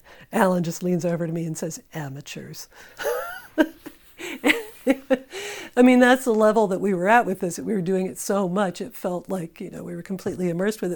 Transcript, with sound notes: And, Allan just leans over to me and says, "Amateurs." [laughter] I mean, that's the level that we were at with this, we were doing it so much it felt like, you know, we were completely immersed with it.